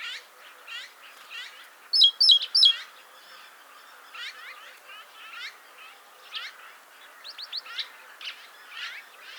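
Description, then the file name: Great tit calls: three sharp, loud notes in quick succession, among scattered softer chirps and short twitters. "Parus major"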